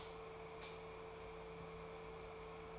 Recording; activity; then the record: daily activity, microphone in the room; light off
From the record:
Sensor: 1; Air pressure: 1014.6 hPa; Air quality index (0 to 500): 176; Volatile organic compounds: 15 ppm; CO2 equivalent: 2492 ppm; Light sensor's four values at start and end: 19/52/20/23 and 15/37/15/17